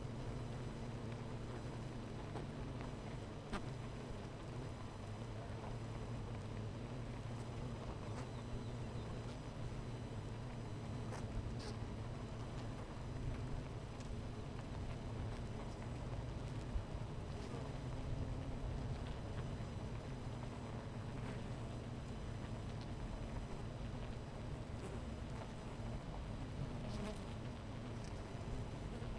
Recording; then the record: honeybee colony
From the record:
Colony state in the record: missing queen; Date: 14 July 2017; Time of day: 11:00